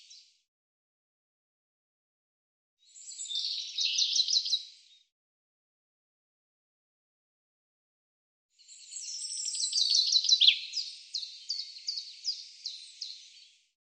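Bird with high, rapid trilled phrases of falling notes, a short one followed after a silence by a longer run ending in spaced repeated notes.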